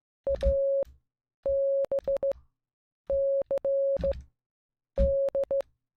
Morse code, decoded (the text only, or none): ABCD